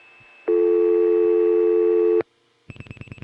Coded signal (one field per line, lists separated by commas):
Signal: telephone call progress tone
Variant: North America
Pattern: dial tone